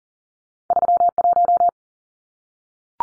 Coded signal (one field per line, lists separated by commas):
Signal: Morse code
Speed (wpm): 40 wpm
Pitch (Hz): 700 Hz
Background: none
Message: 31